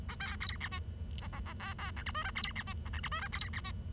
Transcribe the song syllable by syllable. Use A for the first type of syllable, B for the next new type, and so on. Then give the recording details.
A B C D E F F F G G H I J K C D E F H I J K C D E. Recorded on 23 June 2012 at 09:48. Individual gr41rd51